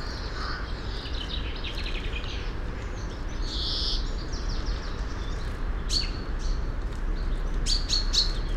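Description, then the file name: European greenfinch giving buzzy wheezing calls and quick twittering notes, with one drawn-out nasal wheeze midway, over a steady low rumble. "Chloris chloris"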